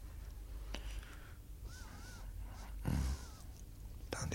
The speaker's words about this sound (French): L'oiseau que vous préférez? Ah, l'oiseau. L'oiseau, bordel. L'oiseau.